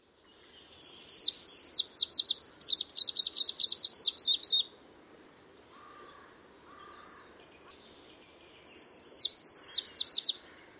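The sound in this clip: Bird song: a long high twittering phrase of rapid rising and falling notes lasting about four seconds, a pause with faint lower notes, then a second shorter burst.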